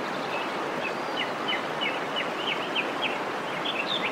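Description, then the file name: Bird chirping, short sharp notes repeated every few tenths of a second, over a steady rushing roar of falling water. Birdsong with a waterfall. "terapi kicauan dan air terjun"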